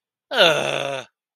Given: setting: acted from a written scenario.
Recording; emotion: vocal sound without words; contempt